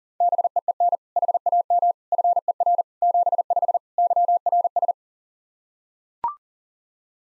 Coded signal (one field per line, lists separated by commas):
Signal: Morse code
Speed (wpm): 40 wpm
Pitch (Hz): 700 Hz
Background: none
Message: BEEN HAM FER 75 YRS